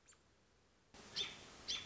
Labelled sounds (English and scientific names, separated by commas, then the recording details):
American Robin (Turdus migratorius)
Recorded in Sonoma County, California